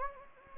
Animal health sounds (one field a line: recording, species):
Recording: mosquito wingbeat signal from an infrared sensor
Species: Anopheles gambiae